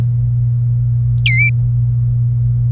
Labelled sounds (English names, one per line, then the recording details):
Domestic Canary song
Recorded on 27 April 2018 at 09:09
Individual llb3